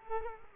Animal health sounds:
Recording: mosquito wingbeat signal from an infrared sensor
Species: Culex quinquefasciatus

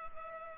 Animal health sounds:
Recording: mosquito wingbeat signal from an infrared sensor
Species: Culex pipiens

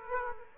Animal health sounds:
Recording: mosquito wingbeat signal from an infrared sensor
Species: Aedes aegypti

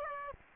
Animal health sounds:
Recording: mosquito wingbeat signal from an infrared sensor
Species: Aedes aegypti

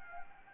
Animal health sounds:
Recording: mosquito wingbeat signal from an infrared sensor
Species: Anopheles gambiae

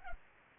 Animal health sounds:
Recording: mosquito wingbeat signal from an infrared sensor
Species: Culex pipiens

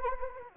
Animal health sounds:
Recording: mosquito wingbeat signal from an infrared sensor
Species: Anopheles arabiensis

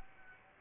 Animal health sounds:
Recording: mosquito wingbeat signal from an infrared sensor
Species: Aedes aegypti

